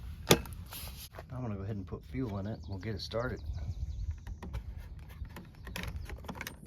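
A plastic extension tube is pushed onto the outlet end of a Craftsman 25cc 2-cycle leaf blower, and its tab snaps up through a locating hole with a sharp click at 0.3 seconds, seating the tube in place. Someone then talks, followed by a few smaller handling knocks near the end.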